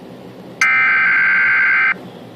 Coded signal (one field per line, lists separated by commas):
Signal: Emergency Alert System (SAME) tones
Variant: header bursts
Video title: EAS - Slender Man